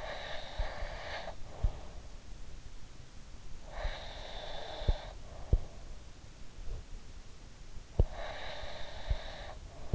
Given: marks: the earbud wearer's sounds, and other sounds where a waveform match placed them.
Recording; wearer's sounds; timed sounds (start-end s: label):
sounds in sleep by an in-ear microphone; breath
0.00-2.14 s: breath
3.70-5.81 s: breath
7.93-9.87 s: breath